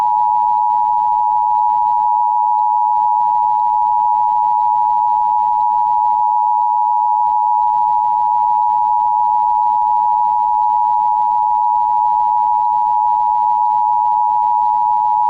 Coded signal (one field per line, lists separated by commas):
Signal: Emergency Alert System (SAME) tones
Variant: 853 and 960 Hz attention tone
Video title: Emergency Alert System Test